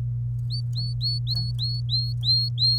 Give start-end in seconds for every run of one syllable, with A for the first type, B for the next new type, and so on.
0.50-2.78 A